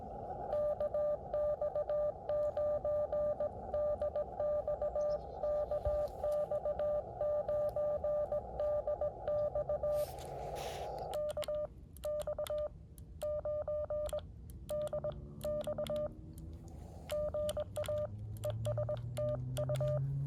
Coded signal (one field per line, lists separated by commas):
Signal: Morse code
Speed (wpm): 21 wpm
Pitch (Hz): 600 Hz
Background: none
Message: KX9DX KX9DX KX9DX GA ES TU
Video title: Afternoon Morse Code POTA activation 1/15/25